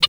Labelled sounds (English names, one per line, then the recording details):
Zebra Finch hat call
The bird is a female
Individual fem9